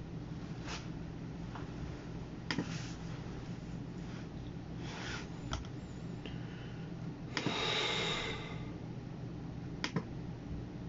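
Sounds of someone working at a computer: a steady low hum runs throughout, broken by sharp clicks and taps near 0.7, 2.5, 5.5, 7.4 and 9.9 seconds. Around 7.5 to 8.5 seconds a brief brighter rustle swells and fades.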